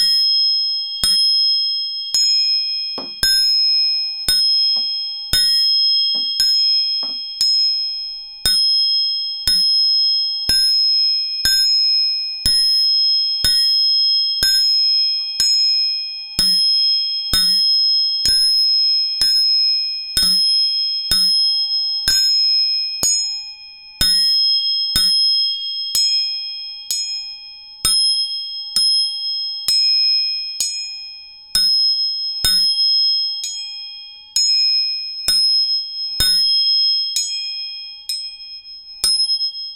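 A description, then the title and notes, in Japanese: Three tuning forks are struck again and again, each strike a sharp metallic tap that rings on as a clear, steady tone. The taps come roughly once or twice a second for the whole stretch, with high pure tones sustaining brightly between hits. 音叉チューニング3本。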